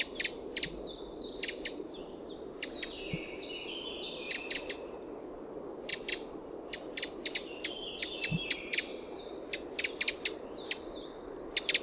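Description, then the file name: Eurasian wren giving sharp, dry tics in clusters, paced irregularly, with a soft descending whistle and background hiss. "Troglodytes troglodytes"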